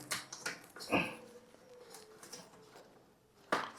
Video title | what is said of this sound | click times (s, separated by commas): Flushtank എങ്ങനെ fit ചെയ്യാം ✅ #youtube #youtubeviral | lock ആയിട്ടുണ്ട് | 3.5 s